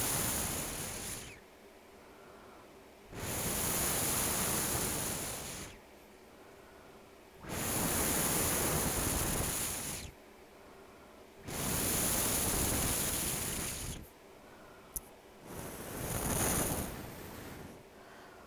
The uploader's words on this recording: ASMR Blowing Air. Blowing air into my microphone.